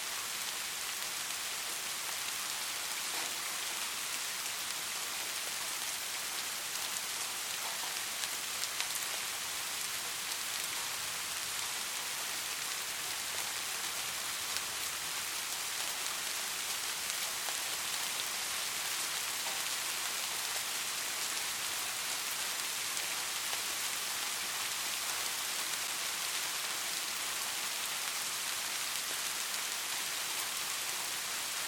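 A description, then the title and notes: Gentle rain falls steadily throughout, a dense, even hiss weighted toward the bright upper range with little low rumble. Countless small drops blend into a continuous wash, with occasional slightly sharper taps standing out, and the level stays constant from start to finish. Soft Rain. Gentle rain sounds. The soothing rhythm of raindrops.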